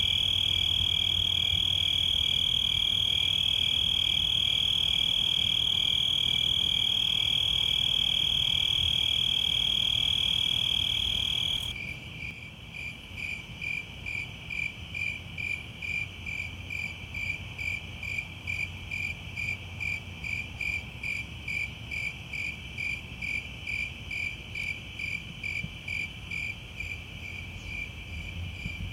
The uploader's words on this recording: Crickets and Cicadas. Summer Night in Newton, Massachusetts. I recorded Cicada and Crickets sounds in a summer night Newton, Massachusetts.